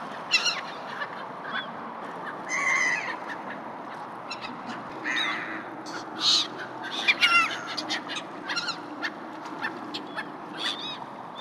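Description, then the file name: Gulls calling, a series of harsh, squawking cries with ringing overtones, several birds overlapping and repeated throughout against a steady background rumble. Gulls in a harbour. "Harbor seagulls"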